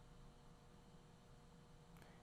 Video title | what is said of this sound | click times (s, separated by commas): E#15 - Energy Sustainable Metal Fabrication Equipment by Access Machinery, Durma | you can see the accuracy required to match the bump ending to that acute angle snaps right in | 2.0 s